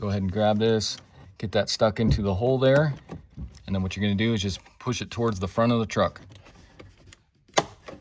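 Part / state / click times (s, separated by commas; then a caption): glove box retaining piece into its mounting hole / seated / 7.6 s. On a 2019 Ford F350 during a cabin air filter replacement, a glove box retaining piece is stuck into its mounting hole and pushed toward the front of the truck while someone talks. It snaps into place with a sharp click at 7.6 s, seating the piece.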